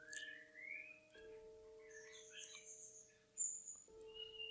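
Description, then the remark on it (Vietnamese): Several caged pet birds outside chirp and whistle at midday in bright, quick bursts at varying pitches, their calls overlapping above a steady low electronic hum, with no one speaking. “Các bạn thông cảm nhé, đang đọc trưa cho nên là chim bên ngoài nó hót ghê quá, hơi ồn.”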